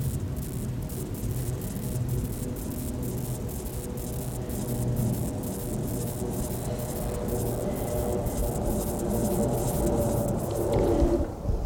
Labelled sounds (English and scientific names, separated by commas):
Upland Field Grasshopper (Chorthippus apricarius) stridulation